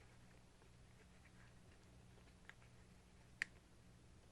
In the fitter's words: and now we're going to wind the film and we're going to listen very carefully until we hear a click